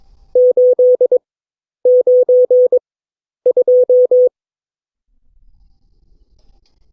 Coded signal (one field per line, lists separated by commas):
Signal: Morse code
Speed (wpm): 22 wpm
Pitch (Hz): 500 Hz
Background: none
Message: 892